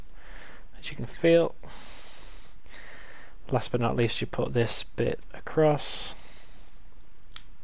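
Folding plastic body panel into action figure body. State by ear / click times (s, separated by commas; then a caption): seated / 7.4 s. Someone talks while folding the last plastic body panel of a Transformers DOTM Cyberverse Blackout action figure, swinging it across the body and pushing it in. A short, sharp click sounds at 7.4 s as the panel seats into place, completing the transformation.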